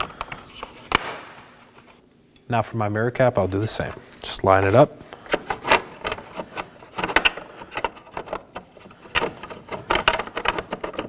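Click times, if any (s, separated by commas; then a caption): none. A new plastic side mirror cap is lined up on the mirror housing of a 2018–2024 Chevrolet Equinox, with handling taps and light knocks as someone talks. The cap has not yet been pressed down, and nothing has clicked or seated by the end of the clip.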